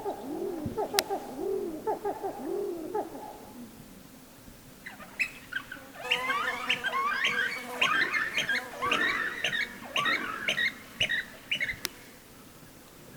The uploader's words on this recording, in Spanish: Lago misterioso - oiseaux. Bolivie, Sud Lipez, Lago Misterioso. Oiseau rieur.